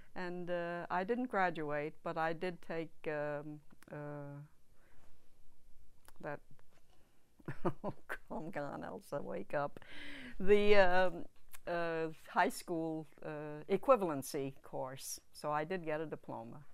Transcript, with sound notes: And, I didn't graduate but I did take that, uh, oh, (to herself) come on, Elsa, wake up. The, uh, the high school equivalency course so I did get a diploma.